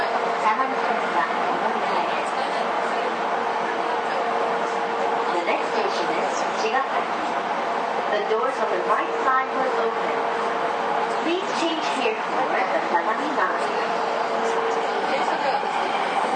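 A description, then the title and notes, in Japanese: A JR East 231 series train runs between Ito and Yokohama, its steady rumble and rushing noise holding an even level throughout. A constant mid-pitched whine runs underneath, and murmured voices of passengers talking come and go over the whole stretch. JRE231系 伊東〜横浜。区間は伊東線→東海道線です。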